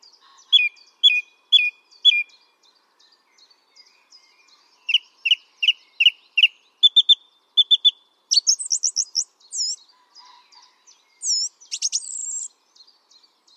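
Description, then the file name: Song thrush song of distinct repeated phrases: sharp notes, clipped notes repeated several times, looping whistles, and a final scratchy high trill. "singdrossel"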